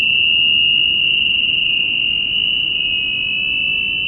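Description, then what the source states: Spring peepers in a dense chorus, many high piping peeps merging into a continuous shrill ringing band that never lets up. Recorded in New Paltz.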